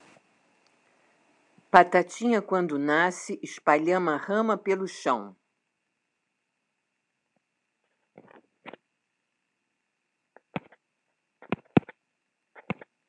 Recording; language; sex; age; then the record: short text; Brazilian Portuguese; female; 70 to 79 years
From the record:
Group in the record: control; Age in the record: 73 years